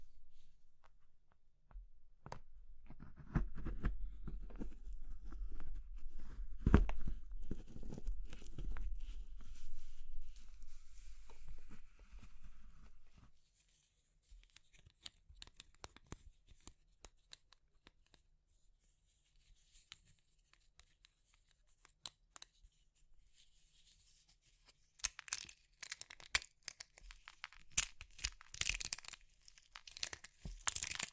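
Soft materials like soap, chalk, meringue and pastel are crushed, with dense crumbly crunching and crackles for the first thirteen seconds. A quieter stretch follows with only scattered small clicks and snaps, then brighter, crisper crackling bursts return near the end.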